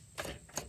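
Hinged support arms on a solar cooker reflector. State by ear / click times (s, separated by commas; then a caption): not seated / none. Someone opens the reflector of a GoSun Fusion solar cooker and tries to lock its small hinged support arms in place, making two short, sharp clacks near 0.2 s and 0.6 s. After about 3 years of use, the arms no longer lock, and nothing has clicked into place.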